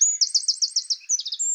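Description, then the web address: Eurasian wren giving a thin whistle, then a rapid high trill of several sharp repeated notes, a short pause and a faster run of notes ending on a thin whistle. "Troglodytes troglodytes"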